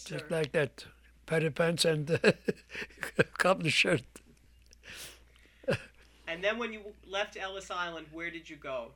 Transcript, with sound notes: Just like that, a pair of pants and a cotton shirt. (he laughs)
And then when you left Ellis Island, where did you go?